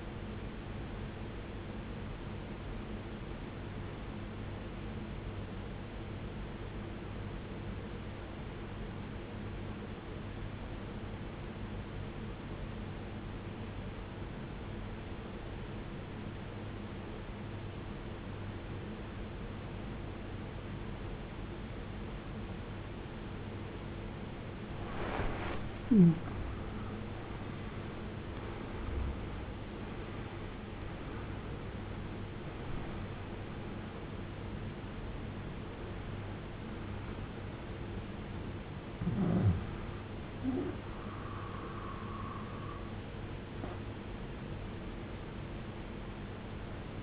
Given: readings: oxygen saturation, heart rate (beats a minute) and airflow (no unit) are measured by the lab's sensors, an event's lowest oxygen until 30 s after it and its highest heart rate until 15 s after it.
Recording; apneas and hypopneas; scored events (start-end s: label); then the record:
breathing in sleep by a voice recorder at the bedside; 1
3.00-27.20 s: obstructive apnea (N2, oxygen 94% highest, then 83% lowest, heart rate 62 at the start, 80 highest)
28.00-47.03 s: new sleep stage, N1 (lightest sleep)
From the record:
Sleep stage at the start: N2 (light sleep); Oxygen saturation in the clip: 84 to 94%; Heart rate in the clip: 54 to 80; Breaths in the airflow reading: 7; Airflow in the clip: -16.8 to 20.2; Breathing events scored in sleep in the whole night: 389 in 6.3 hours asleep